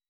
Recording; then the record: hydrophone in a shrimp aquaculture tank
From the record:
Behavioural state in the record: weakened